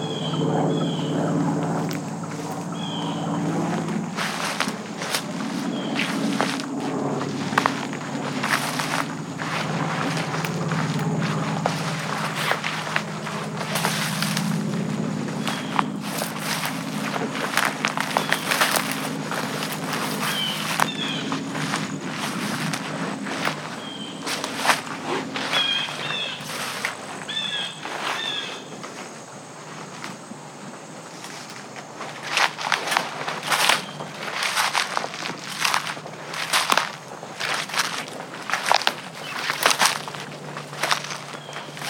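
Footsteps crunch steadily through the woods on an early evening walk, with frequent sharp steps and rustles that grow denser and louder after about 32 seconds. A low steady hum runs underneath for much of the clip, and brief bird chirps appear now and then.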